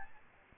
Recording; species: mosquito wingbeat signal from an infrared sensor; Aedes albopictus